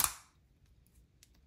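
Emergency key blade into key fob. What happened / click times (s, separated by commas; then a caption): The metal key blade latched into its plastic holder / 0.0 s. The metal emergency key blade of a 2018–2021 Nissan Kicks key fob is slid back into its slot in the plastic fob until it latches. A sharp, bright click at 0.0 s rings out and fades over about a third of a second, followed by faint, quieter ticks near 0.9 s and 1.2 s. The key is seated in the fob.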